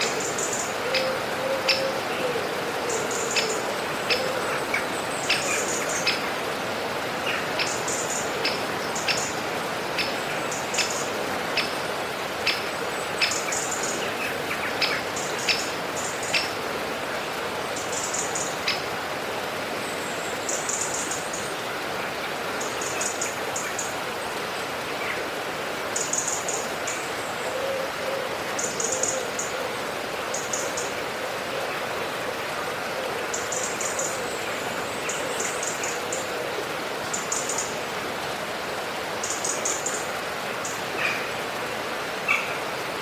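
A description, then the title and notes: Birds call by a river, quick high chirps repeating throughout over a steady, dense rushing of water, with sharp clicking notes scattered early on. Relaxing Bird Sounds - Relaxing Nature Sounds of Birds by a River.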